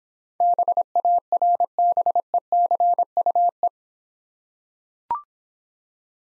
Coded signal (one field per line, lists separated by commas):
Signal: Morse code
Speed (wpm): 26 wpm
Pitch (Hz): 700 Hz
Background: none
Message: BARBECUE